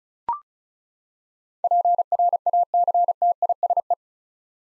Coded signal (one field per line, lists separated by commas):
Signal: Morse code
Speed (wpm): 36 wpm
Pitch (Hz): 700 Hz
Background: none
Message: PRACTISE